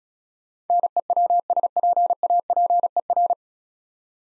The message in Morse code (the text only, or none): NEWSPAPER